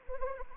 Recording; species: mosquito wingbeat signal from an infrared sensor; Anopheles arabiensis